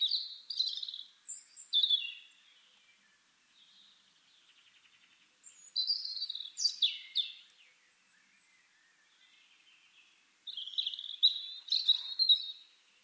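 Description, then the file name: European robin delivering three varied phrases of sweet, high twittering and sliding notes, each lasting about two seconds, with quieter pauses between and faint background hiss. "Erithacus rubecula"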